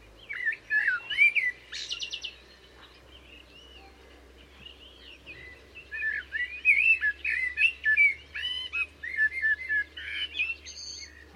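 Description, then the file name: Common blackbird song: fluty, warbled phrases that rise and fall, broken by short high squeaky twitters, with a steady low hum beneath. "Turdus merula"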